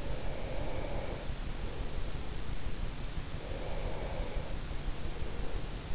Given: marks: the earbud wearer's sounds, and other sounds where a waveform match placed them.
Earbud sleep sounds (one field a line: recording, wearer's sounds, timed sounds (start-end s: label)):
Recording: sounds in sleep by an in-ear microphone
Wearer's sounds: breath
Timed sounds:
0.00-2.65 s: breath
3.36-5.81 s: breath